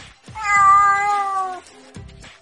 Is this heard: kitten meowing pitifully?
yes